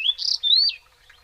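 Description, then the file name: European robin giving a short, thin phrase of high, sliding whistled notes, a warbled burst followed by a clear rising-and-falling whistle, with quiet background. "Erithacus rubecula"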